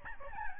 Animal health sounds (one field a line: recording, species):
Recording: mosquito wingbeat signal from an infrared sensor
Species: Aedes albopictus